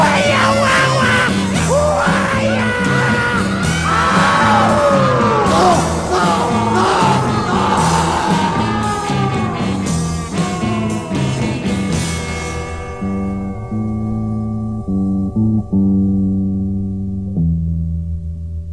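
A loud song with raw, yelled vocals over a thumping, steady bass line; the shouting and bright upper layers drop out near the end, leaving heavy low instrumental notes.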